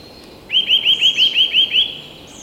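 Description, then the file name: Eurasian nuthatch giving a fast run of about nine clear, rising whistled notes, evenly spaced over little more than a second, against quiet background. "Sitta europaea"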